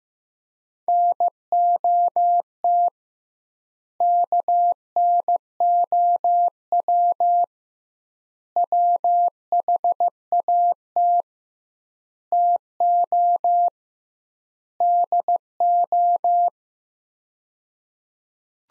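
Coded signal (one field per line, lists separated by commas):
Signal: Morse code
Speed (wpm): 15 wpm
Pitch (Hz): 700 Hz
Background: none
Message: NOT KNOW WHAT TO DO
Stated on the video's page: Morse practice of sets of five words at 15 wpm with 2x word spacing, a Farnsworth-like method; words sent, spoken, then sent again.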